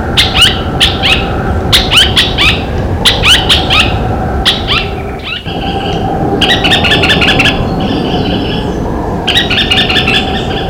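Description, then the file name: White-eyed Foliage-gleaner gives quick bursts of harsh clicking notes, then a pause, then rapid chattering rattles, over steady low background noise. Recorded in Cantareira State Park, São Paulo state, Brazil, on 22 August 1997. "Automolus-leucophthalmus-Cantareira SPark-SP-Brazil 22-8-97-ASilveira"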